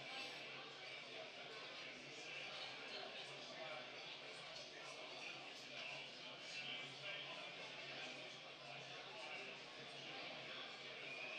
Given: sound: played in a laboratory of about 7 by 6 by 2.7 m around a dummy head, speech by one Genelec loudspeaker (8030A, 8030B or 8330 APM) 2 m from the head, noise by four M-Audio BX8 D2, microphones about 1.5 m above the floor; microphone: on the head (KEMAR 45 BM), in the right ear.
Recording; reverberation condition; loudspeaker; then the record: cafeteria noise; medium; four, about 170 cm from the corners of the room and facing them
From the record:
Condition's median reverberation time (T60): about 510 ms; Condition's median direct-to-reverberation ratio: about -0.5 dB